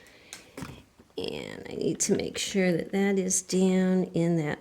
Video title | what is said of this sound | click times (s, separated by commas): Putting a Singer 301 sewing machine back together after painting | Did you see it snap in place? That's what I want. | 0.3 s